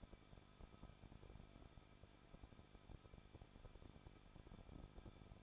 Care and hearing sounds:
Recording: daily activity, microphone in the room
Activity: no activity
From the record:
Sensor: 5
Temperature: 20.7 degrees Celsius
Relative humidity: 38.6%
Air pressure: 1006.5 hPa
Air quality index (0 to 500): 192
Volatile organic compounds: 21 ppm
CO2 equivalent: 2710 ppm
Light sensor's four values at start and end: 2/3/1/1 and 2/3/1/1

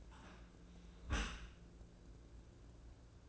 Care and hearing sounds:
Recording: daily activity, microphone in the room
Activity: close dishwasher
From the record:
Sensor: 2

